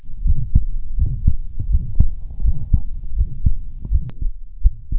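Steady low thumps at about 83 beats a minute, heard through a stethoscope over an adult heart: normal heart sounds, a normal finding.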